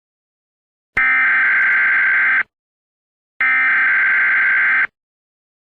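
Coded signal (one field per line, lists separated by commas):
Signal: Emergency Alert System (SAME) tones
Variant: header bursts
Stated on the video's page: Fictional recreation made for entertainment, not a real broadcast.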